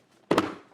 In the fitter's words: You really hear the snap when it goes in there.